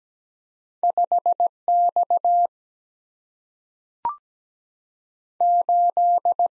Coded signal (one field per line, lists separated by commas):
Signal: Morse code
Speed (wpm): 17 wpm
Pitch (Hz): 700 Hz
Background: none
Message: 5 X 8